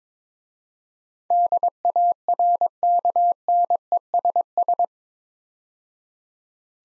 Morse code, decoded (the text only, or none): DARKNESS